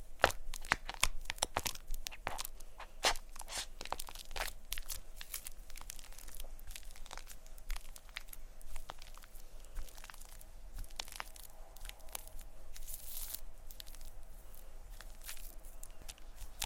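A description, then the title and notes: Playing with shaving cream and plastic wrap: a dense run of sharp crinkles and crunchy crackles, quick and irregular, many per second. The snaps are bright and hissy, clustered heavily at the start and again around thirteen seconds, over a faint low hum. Playing With Shaving Cream (Plastic Wrap, Brushing, Massage, Crinkles).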